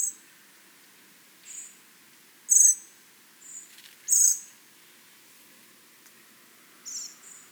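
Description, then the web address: Common blackbird giving several short, very high, thin calls scattered irregularly, some louder and sharper than others, over a quiet background. "SETE data Turdus merula"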